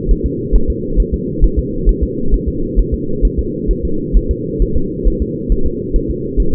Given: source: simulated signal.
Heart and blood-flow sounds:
fetal heart sounds
0.11 s: S1
0.26 s: S2
0.56 s: S1
0.70 s: S2
1.00 s: S1
1.14 s: S2
1.44 s: S1
1.59 s: S2
1.89 s: S1
2.03 s: S2
2.34 s: S1
2.49 s: S2
2.79 s: S1
2.94 s: S2
3.25 s: S1
3.39 s: S2
3.71 s: S1
3.85 s: S2
4.17 s: S1
4.31 s: S2
4.62 s: S1
4.77 s: S2
5.07 s: S1
5.22 s: S2
5.52 s: S1
5.67 s: S2
5.96 s: S1
6.11 s: S2
6.40 s: S1
6.54 s: S2
From the record:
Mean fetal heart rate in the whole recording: 135 bpm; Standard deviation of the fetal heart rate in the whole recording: 3 bpm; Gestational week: 36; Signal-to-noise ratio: -8.1 dB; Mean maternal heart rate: 72 bpm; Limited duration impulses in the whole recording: absent

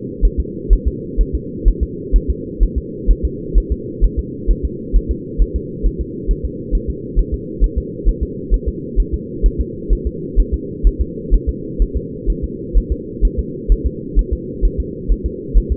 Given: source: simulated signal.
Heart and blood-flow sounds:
fetal heart sounds
0.25 s: S1
0.40 s: S2
0.73 s: S1
0.88 s: S2
1.21 s: S1
1.35 s: S2
1.68 s: S1
1.83 s: S2
2.16 s: S1
2.30 s: S2
2.63 s: S1
2.78 s: S2
3.11 s: S1
3.25 s: S2
3.58 s: S1
3.72 s: S2
4.04 s: S1
4.19 s: S2
4.51 s: S1
4.65 s: S2
4.96 s: S1
5.11 s: S2
5.42 s: S1
5.56 s: S2
5.86 s: S1
6.01 s: S2
6.31 s: S1
6.45 s: S2
6.75 s: S1
6.90 s: S2
7.19 s: S1
7.34 s: S2
7.64 s: S1
7.78 s: S2
8.09 s: S1
8.23 s: S2
8.54 s: S1
8.68 s: S2
9.00 s: S1
9.14 s: S2
9.46 s: S1
9.61 s: S2
9.93 s: S1
10.07 s: S2
10.40 s: S1
10.54 s: S2
10.87 s: S1
11.01 s: S2
11.34 s: S1
11.49 s: S2
11.82 s: S1
11.97 s: S2
12.30 s: S1
12.44 s: S2
12.77 s: S1
12.92 s: S2
13.25 s: S1
13.39 s: S2
13.72 s: S1
13.87 s: S2
14.19 s: S1
14.33 s: S2
14.65 s: S1
14.80 s: S2
15.12 s: S1
15.26 s: S2
15.57 s: S1
15.72 s: S2
From the record:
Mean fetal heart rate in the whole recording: 130 bpm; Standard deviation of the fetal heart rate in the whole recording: 2 bpm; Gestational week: 36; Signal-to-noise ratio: -4.1 dB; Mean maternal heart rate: no maternal heart sound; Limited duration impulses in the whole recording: absent

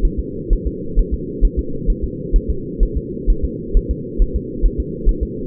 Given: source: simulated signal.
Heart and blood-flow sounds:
fetal heart sounds
0.05 s: S1
0.19 s: S2
0.53 s: S1
0.67 s: S2
0.99 s: S1
1.14 s: S2
1.45 s: S1
1.59 s: S2
1.90 s: S1
2.04 s: S2
2.36 s: S1
2.50 s: S2
2.83 s: S1
2.97 s: S2
3.30 s: S1
3.45 s: S2
3.77 s: S1
3.91 s: S2
4.22 s: S1
4.36 s: S2
4.66 s: S1
4.80 s: S2
5.09 s: S1
5.23 s: S2
From the record:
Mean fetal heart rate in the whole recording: 130 bpm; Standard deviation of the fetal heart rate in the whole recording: 4 bpm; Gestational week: 38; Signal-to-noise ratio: -4.3 dB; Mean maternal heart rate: 72 bpm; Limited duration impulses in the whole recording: absent

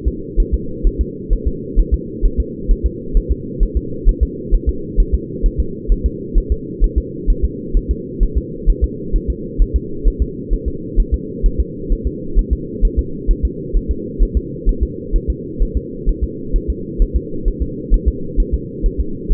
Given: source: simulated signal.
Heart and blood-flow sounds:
fetal heart sounds
0.08 s: S2
0.40 s: S1
0.54 s: S2
0.87 s: S1
1.01 s: S2
1.33 s: S1
1.47 s: S2
1.79 s: S1
1.94 s: S2
2.25 s: S1
2.40 s: S2
2.71 s: S1
2.86 s: S2
3.17 s: S1
3.31 s: S2
3.63 s: S1
3.77 s: S2
4.09 s: S1
4.23 s: S2
4.54 s: S1
4.69 s: S2
5.00 s: S1
5.14 s: S2
5.46 s: S1
5.60 s: S2
5.92 s: S1
6.06 s: S2
6.38 s: S1
6.52 s: S2
6.84 s: S1
6.98 s: S2
7.30 s: S1
7.44 s: S2
7.77 s: S1
7.91 s: S2
8.23 s: S1
8.38 s: S2
8.69 s: S1
8.84 s: S2
9.16 s: S1
9.30 s: S2
9.62 s: S1
9.76 s: S2
10.08 s: S1
10.22 s: S2
10.53 s: S1
10.68 s: S2
11.00 s: S1
11.14 s: S2
11.46 s: S1
11.60 s: S2
11.92 s: S1
12.07 s: S2
12.39 s: S1
12.53 s: S2
12.85 s: S1
12.99 s: S2
13.31 s: S1
13.45 s: S2
13.77 s: S1
13.91 s: S2
14.23 s: S1
14.37 s: S2
14.69 s: S1
14.83 s: S2
15.16 s: S1
15.30 s: S2
15.62 s: S1
15.77 s: S2
16.09 s: S1
16.24 s: S2
16.56 s: S1
16.70 s: S2
17.02 s: S1
17.16 s: S2
17.48 s: S1
17.62 s: S2
17.94 s: S1
18.08 s: S2
18.40 s: S1
18.54 s: S2
18.86 s: S1
19.00 s: S2
19.32 s: S1
From the record:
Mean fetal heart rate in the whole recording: 130 bpm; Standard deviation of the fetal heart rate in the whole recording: 2 bpm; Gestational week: 38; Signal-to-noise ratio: -4.3 dB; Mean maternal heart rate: 72 bpm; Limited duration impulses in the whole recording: absent

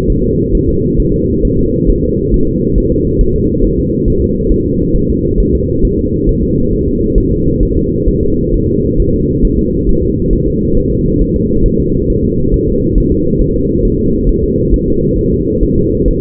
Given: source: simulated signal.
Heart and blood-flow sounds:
fetal heart sounds
0.10 s: S1
0.24 s: S2
0.55 s: S1
0.69 s: S2
1.00 s: S1
1.14 s: S2
1.45 s: S1
1.59 s: S2
1.90 s: S1
2.04 s: S2
2.34 s: S1
2.48 s: S2
2.78 s: S1
2.92 s: S2
3.21 s: S1
3.36 s: S2
3.64 s: S1
3.79 s: S2
4.08 s: S1
4.22 s: S2
4.52 s: S1
4.66 s: S2
4.96 s: S1
5.10 s: S2
5.40 s: S1
5.55 s: S2
5.85 s: S1
5.99 s: S2
6.29 s: S1
6.43 s: S2
6.73 s: S1
6.88 s: S2
7.18 s: S1
7.32 s: S2
7.63 s: S1
7.77 s: S2
8.08 s: S1
8.23 s: S2
8.54 s: S1
8.69 s: S2
9.00 s: S1
9.14 s: S2
9.45 s: S1
9.59 s: S2
9.89 s: S1
10.03 s: S2
10.33 s: S1
10.48 s: S2
10.77 s: S1
10.92 s: S2
11.21 s: S1
11.36 s: S2
11.66 s: S1
11.80 s: S2
12.10 s: S1
12.25 s: S2
12.54 s: S1
12.69 s: S2
12.98 s: S1
13.12 s: S2
13.41 s: S1
13.56 s: S2
13.85 s: S1
14.00 s: S2
14.29 s: S1
14.44 s: S2
14.74 s: S1
14.88 s: S2
15.18 s: S1
15.33 s: S2
15.63 s: S1
15.78 s: S2
16.08 s: S1
From the record:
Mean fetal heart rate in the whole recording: 135 bpm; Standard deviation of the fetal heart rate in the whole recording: 3 bpm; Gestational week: 36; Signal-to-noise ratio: -15.3 dB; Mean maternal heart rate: 72 bpm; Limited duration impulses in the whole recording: present

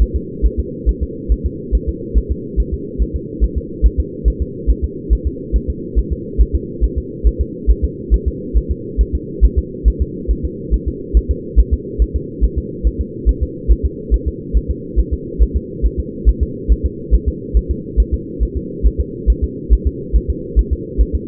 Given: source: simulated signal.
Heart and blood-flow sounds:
fetal heart sounds
0.02 s: S1
0.16 s: S2
0.46 s: S1
0.59 s: S2
0.89 s: S1
1.03 s: S2
1.32 s: S1
1.46 s: S2
1.75 s: S1
1.89 s: S2
2.18 s: S1
2.32 s: S2
2.60 s: S1
2.74 s: S2
3.02 s: S1
3.16 s: S2
3.44 s: S1
3.58 s: S2
3.86 s: S1
4.00 s: S2
4.28 s: S1
4.42 s: S2
4.70 s: S1
4.84 s: S2
5.13 s: S1
5.27 s: S2
5.56 s: S1
5.70 s: S2
5.99 s: S1
6.12 s: S2
6.41 s: S1
6.55 s: S2
6.84 s: S1
6.98 s: S2
7.27 s: S1
7.41 s: S2
7.71 s: S1
7.84 s: S2
8.14 s: S1
8.28 s: S2
8.57 s: S1
8.71 s: S2
9.01 s: S1
9.15 s: S2
9.44 s: S1
9.59 s: S2
9.88 s: S1
10.02 s: S2
10.31 s: S1
10.45 s: S2
10.74 s: S1
10.88 s: S2
11.17 s: S1
11.31 s: S2
11.59 s: S1
11.74 s: S2
12.02 s: S1
12.16 s: S2
12.44 s: S1
12.58 s: S2
12.87 s: S1
13.01 s: S2
13.29 s: S1
13.43 s: S2
13.72 s: S1
13.85 s: S2
14.14 s: S1
14.28 s: S2
14.57 s: S1
14.71 s: S2
14.99 s: S1
15.13 s: S2
15.43 s: S1
15.56 s: S2
15.86 s: S1
16.00 s: S2
16.29 s: S1
16.43 s: S2
16.72 s: S1
16.86 s: S2
17.14 s: S1
17.28 s: S2
17.57 s: S1
17.71 s: S2
18.00 s: S1
18.14 s: S2
18.43 s: S1
18.57 s: S2
18.86 s: S1
19.00 s: S2
19.30 s: S1
19.44 s: S2
19.73 s: S1
19.87 s: S2
20.16 s: S1
20.30 s: S2
20.59 s: S1
20.73 s: S2
21.01 s: S1
21.15 s: S2
From the record:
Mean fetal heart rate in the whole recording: 140 bpm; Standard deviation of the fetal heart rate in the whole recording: 2 bpm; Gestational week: 34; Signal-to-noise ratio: -4.1 dB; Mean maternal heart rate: no maternal heart sound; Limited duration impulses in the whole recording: absent

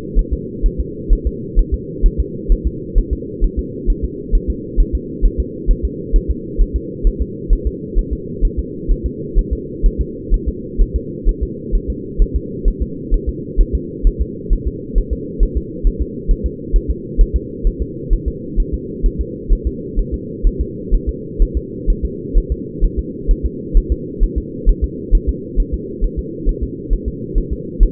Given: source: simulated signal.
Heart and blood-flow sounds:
fetal heart sounds
0.19 s: S1
0.33 s: S2
0.66 s: S1
0.80 s: S2
1.13 s: S1
1.27 s: S2
1.59 s: S1
1.74 s: S2
2.06 s: S1
2.20 s: S2
2.52 s: S1
2.67 s: S2
2.98 s: S1
3.13 s: S2
3.44 s: S1
3.59 s: S2
3.90 s: S1
4.05 s: S2
4.35 s: S1
4.50 s: S2
4.80 s: S1
4.95 s: S2
5.26 s: S1
5.40 s: S2
5.71 s: S1
5.85 s: S2
6.16 s: S1
6.30 s: S2
6.61 s: S1
6.76 s: S2
7.07 s: S1
7.22 s: S2
7.53 s: S1
7.67 s: S2
7.99 s: S1
8.13 s: S2
8.45 s: S1
8.59 s: S2
8.91 s: S1
9.06 s: S2
9.39 s: S1
9.53 s: S2
9.86 s: S1
10.01 s: S2
10.34 s: S1
10.48 s: S2
10.81 s: S1
10.96 s: S2
11.29 s: S1
11.43 s: S2
11.75 s: S1
11.90 s: S2
12.22 s: S1
12.36 s: S2
12.68 s: S1
12.82 s: S2
13.14 s: S1
13.29 s: S2
13.61 s: S1
13.75 s: S2
14.07 s: S1
14.22 s: S2
14.53 s: S1
14.67 s: S2
14.98 s: S1
15.13 s: S2
15.43 s: S1
15.57 s: S2
15.87 s: S1
16.02 s: S2
16.31 s: S1
16.46 s: S2
16.76 s: S1
16.90 s: S2
17.21 s: S1
17.36 s: S2
17.67 s: S1
17.82 s: S2
18.13 s: S1
18.28 s: S2
18.60 s: S1
18.74 s: S2
19.06 s: S1
19.21 s: S2
19.52 s: S1
19.67 s: S2
19.99 s: S1
20.14 s: S2
20.47 s: S1
20.61 s: S2
20.94 s: S1
21.09 s: S2
21.42 s: S1
21.57 s: S2
21.90 s: S1
22.05 s: S2
22.38 s: S1
22.52 s: S2
22.84 s: S1
22.99 s: S2
23.31 s: S1
23.46 s: S2
23.77 s: S1
23.92 s: S2
24.23 s: S1
24.38 s: S2
24.69 s: S1
24.84 s: S2
25.15 s: S1
25.29 s: S2
25.60 s: S1
25.74 s: S2
26.04 s: S1
26.19 s: S2
26.49 s: S1
26.63 s: S2
26.93 s: S1
27.08 s: S2
27.38 s: S1
27.53 s: S2
27.83 s: S1
From the record:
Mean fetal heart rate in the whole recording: 130 bpm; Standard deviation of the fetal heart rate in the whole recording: 2 bpm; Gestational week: 38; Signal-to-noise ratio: -4.1 dB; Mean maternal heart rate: no maternal heart sound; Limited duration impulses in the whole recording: absent

